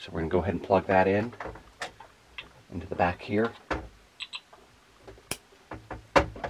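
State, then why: Seated. A network (Ethernet) cable plug is pushed into the port on the back of an alarm gateway while someone talks. Scattered small clicks and taps of handling come before a sharp snap at 6.2 s, when the plug latches and is seated.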